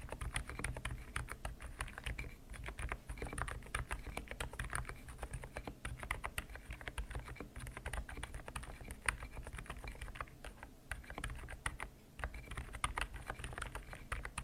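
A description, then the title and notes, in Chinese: Keyboard keys are struck in a fast, nearly continuous stream of sharp clicks, like rapid typing, with only brief pauses around the twelve-second mark. The taps are crisp, layered over a low, steady hum in the background. 让你困意大增的键盘触发音合集！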